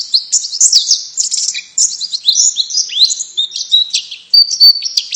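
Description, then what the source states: White-eye giving a quick jumble of high chirps and sliding whistles, ending in a few clear, steady high notes. Female bird; Indonesian name pleci.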